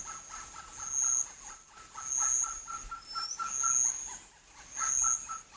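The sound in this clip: Malabar pied hornbill producing a steady run of harsh, pulsed cackling notes that rise and fall in loudness, with high piercing whistles above.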